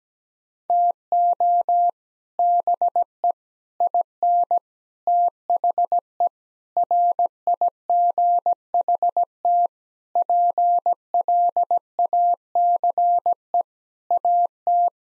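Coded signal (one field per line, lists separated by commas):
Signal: Morse code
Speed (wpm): 17 wpm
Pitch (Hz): 700 Hz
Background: none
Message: TO BE IN THE RIGHT PLACE AT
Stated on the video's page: Morse head-copy drill of common nine-word groups at 17 wpm, each sent, spoken, then sent again.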